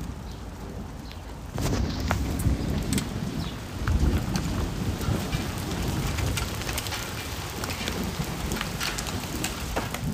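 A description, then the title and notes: Rain falls steadily, a dense hiss with scattered sharp drips and taps across the whole clip. Around one and a half seconds a deeper rumbling wash swells in underneath and stays, heaviest near four seconds, giving the sound a low roar. Sound Of Rain - Sonido de Lluvia.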